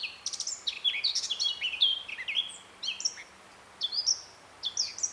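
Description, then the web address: Eurasian blackcap song with quick scratchy notes leading into clear slurred whistles, followed by shorter fluty phrases separated by brief pauses. "SETE Sylvia atricapilla"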